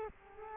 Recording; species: mosquito wingbeat signal from an infrared sensor; Culex quinquefasciatus